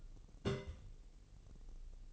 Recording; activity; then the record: daily activity, microphone in the room; place on stove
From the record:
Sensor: 4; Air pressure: 1002.9 hPa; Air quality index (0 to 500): 245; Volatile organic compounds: 11 ppm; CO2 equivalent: 2296 ppm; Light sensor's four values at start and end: 8/17/7/7 and 8/17/7/7